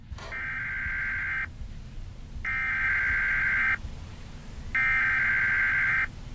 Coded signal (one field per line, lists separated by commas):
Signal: Emergency Alert System (SAME) tones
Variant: header bursts